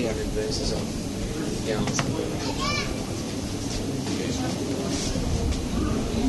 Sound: much indistinct devotee talking in background

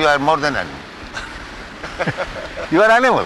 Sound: man laughs

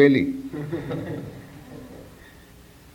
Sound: laughter

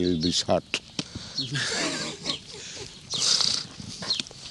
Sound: laughter

